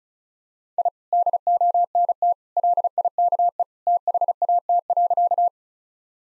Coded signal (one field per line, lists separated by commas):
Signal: Morse code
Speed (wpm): 36 wpm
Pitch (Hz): 700 Hz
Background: none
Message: I DONT LIKE THAT.